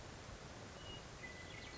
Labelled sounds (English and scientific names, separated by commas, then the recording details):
Western Meadowlark (Sturnella neglecta)
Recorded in Sonoma County, California